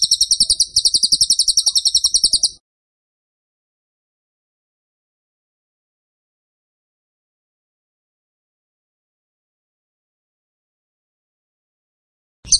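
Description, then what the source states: Bird song: a fast, buzzy burst of rapidly repeated high notes lasting about two and a half seconds, then long silence, with a new burst starting at the very end. Training (masteran) recording for cage birds; song style called tembakan; bird singing vigorously (gacor).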